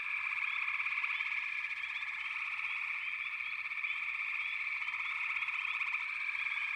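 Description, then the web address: Frog chorus, steady overlapping trills from numerous frogs with scattered quick rising chirps, no other sounds. "Nature Songs Nature Sounds The Natural Sounds of the Wilderness 10 CDs collection Echoes of Nature - Frog Chorus"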